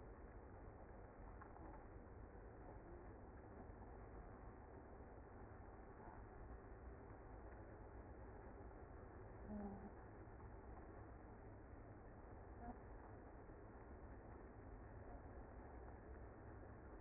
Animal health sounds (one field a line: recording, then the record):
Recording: honeybee colony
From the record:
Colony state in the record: active